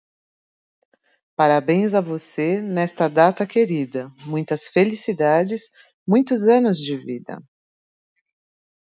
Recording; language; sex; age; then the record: short text; Brazilian Portuguese; female; 50 to 59 years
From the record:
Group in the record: control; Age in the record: 50 years